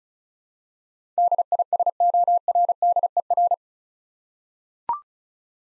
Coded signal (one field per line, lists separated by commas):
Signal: Morse code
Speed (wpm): 34 wpm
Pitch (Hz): 700 Hz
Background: none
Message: DISORDER